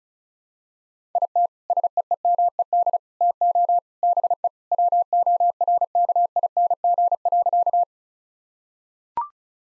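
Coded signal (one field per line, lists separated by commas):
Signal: Morse code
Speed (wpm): 36 wpm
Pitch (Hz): 700 Hz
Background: none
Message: IT SEEMED TO BE WORKING.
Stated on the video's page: Morse practice sentences of common three-word phrases at 35 wpm, each sent, spoken, then sent again for head-copy training.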